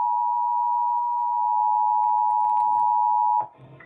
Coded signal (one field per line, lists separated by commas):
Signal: Emergency Alert System (SAME) tones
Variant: 853 and 960 Hz attention tone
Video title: Child Abduction Emergency - 10/16/21 (EAS #2,446)